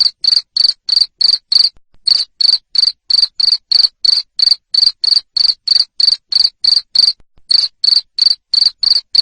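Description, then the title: Cricket producing insistent high chirps, evenly spaced about three per second, with a couple of short breaks in the series. Loud cricket chirping (ngerik) to stimulate lovebirds into continuous singing (ngekek). "Suara JANGKRIK NGERIK Keras Bikin LOVEBIRD Jadi NGEKEK Terus Vubey"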